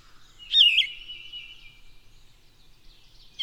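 Bird song: one loud, quick warbled phrase early on over thin, high background twittering, and a short note right at the end.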